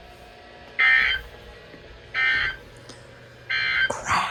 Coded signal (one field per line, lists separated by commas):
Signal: Emergency Alert System (SAME) tones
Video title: The Unusual (EAS 549-573)